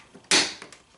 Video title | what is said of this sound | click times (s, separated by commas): Review: Kenmore 81214 200 Series Bagged Canister Vacuum Cleaning Tools | once you press it in you'll hear a snap usually | 0.3 s